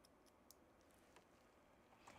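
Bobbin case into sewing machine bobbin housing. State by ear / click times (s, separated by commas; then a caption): seated / 0.5 s. A threaded bobbin case is popped back into the bobbin housing of a Baby Lock sashiko sewing machine, its "bunny ears" lined up to a groove at the bottom. Against a quiet background, a sharp click comes at 0.5 s, followed by a softer tap around 1.2 s. The bobbin case is seated correctly.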